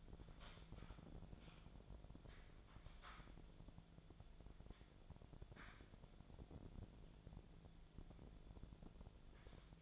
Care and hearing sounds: daily activity, microphone in the room; typing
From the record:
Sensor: 5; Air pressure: 1000.3 hPa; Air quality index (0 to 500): 116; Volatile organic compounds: 1 ppm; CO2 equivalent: 928 ppm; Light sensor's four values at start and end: 116/274/118/127 and 115/271/116/125

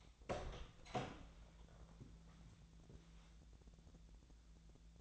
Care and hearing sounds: daily activity, microphone in the room; open door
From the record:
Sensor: 3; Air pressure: 1000.4 hPa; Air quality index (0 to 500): 176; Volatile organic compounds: 3 ppm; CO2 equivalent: 1529 ppm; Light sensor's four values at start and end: 14/33/14/15 and 14/33/14/15

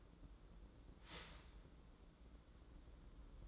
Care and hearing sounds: daily activity, microphone in the room; start toaster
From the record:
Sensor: 3

